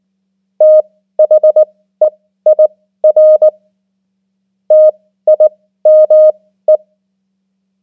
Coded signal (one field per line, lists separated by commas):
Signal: Morse code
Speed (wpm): 19 wpm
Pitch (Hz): 620 Hz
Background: none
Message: THEIR TIME